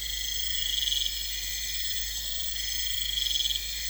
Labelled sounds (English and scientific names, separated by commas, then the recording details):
none
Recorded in pastures near Puerto Asís, Putumayo, Colombia, on 21 December 2024 at 00:00
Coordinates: 0.472, -76.329
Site G072